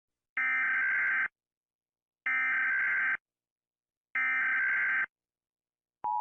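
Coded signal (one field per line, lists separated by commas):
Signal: Emergency Alert System (SAME) tones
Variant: header bursts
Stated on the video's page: Compilation of loud emergency alert sounds from around the world.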